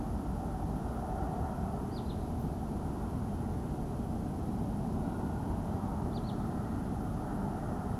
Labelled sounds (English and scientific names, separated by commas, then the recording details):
Wood Sandpiper (Tringa glareola)
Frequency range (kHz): Wood Sandpiper (Tringa glareola) 2.9-5.0 kHz
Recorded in France